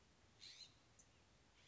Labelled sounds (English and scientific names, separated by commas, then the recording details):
California Scrub-Jay (Aphelocoma californica)
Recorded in Sonoma County, California